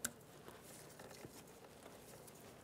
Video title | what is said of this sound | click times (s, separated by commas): How to Replace Front Driver Side Lower Ball Joint 2002-2009 Chevrolet Trailblazer | press it in listen for a Click | 0.1 s